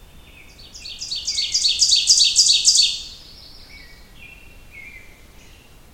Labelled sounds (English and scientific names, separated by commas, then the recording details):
Ovenbird (Seiurus aurocapilla) song
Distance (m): 5 m
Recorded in boreal forest in Alberta, Canada, on 27 June 2016 at 07:22
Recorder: SongMeter 3, array SBT-6-79
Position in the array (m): 42 m, 117 m
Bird 40